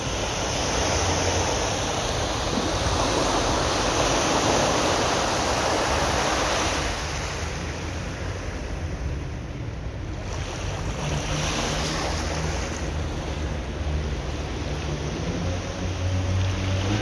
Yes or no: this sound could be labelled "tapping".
no